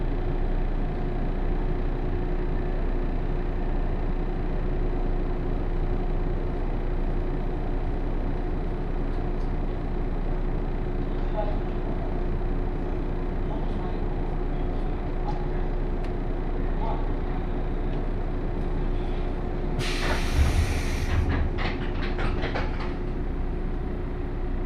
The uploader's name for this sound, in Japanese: 湖西線普通 京都→小野 117系